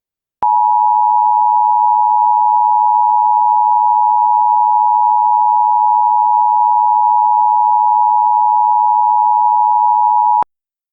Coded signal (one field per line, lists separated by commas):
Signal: Emergency Alert System (SAME) tones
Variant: 853 and 960 Hz attention tone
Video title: The Divided States of America | An EAS Scenario (READ DESC)